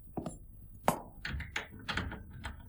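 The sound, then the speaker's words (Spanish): A room's door shuts by itself with one sharp, solid thud, surrounded by a run of lighter knocks and clunks. No one speaks. “La puerta, por sí misma, se ha cerrado.”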